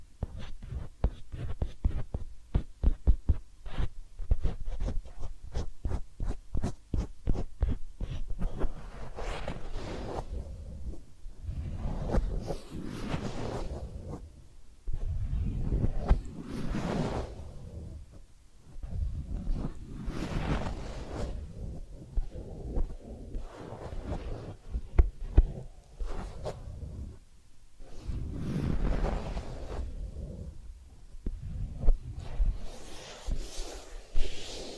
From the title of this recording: Massage, Ear Cleaning and Spa